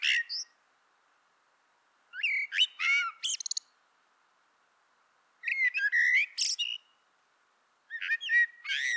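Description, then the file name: Common blackbird song: several warbled phrases separated by pauses, mellow whistles followed by high squeaky twitters. "Turdus merula"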